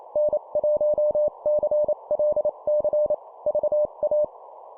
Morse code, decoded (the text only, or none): N1CLC VA